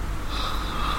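A brief, steady low rumbling snort, an adult imitating a snore through the nose.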